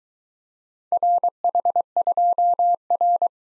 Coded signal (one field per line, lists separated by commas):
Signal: Morse code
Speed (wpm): 22 wpm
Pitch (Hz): 700 Hz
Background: none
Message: RH2R